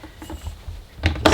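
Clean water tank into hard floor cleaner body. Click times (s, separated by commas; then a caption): 1.3 s. The clean solution tank, with solution still left in it, is pushed back onto the body of a Bissell Crosswave HF2 hard floor cleaner after the dirty water tank has filled. Quiet handling rustles lead into a sharp knock at about 1.1 s, then a louder plastic click at 1.3 s as the latch engages. The tank is confirmed seated and clicked into place.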